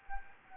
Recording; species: mosquito wingbeat signal from an infrared sensor; Anopheles gambiae